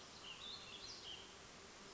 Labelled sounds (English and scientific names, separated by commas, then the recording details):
White-breasted Nuthatch (Sitta carolinensis)
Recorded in Sonoma County, California